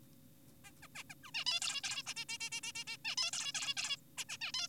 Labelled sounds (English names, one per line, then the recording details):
Zebra Finch
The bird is an adult
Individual g4p5U